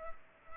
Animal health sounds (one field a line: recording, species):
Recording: mosquito wingbeat signal from an infrared sensor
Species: Culex pipiens